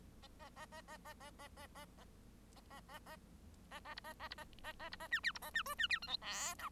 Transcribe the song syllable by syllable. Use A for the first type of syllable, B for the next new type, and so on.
A A A A A A A A A A A A A B A A B A A A B A C D B A C E C D F G H I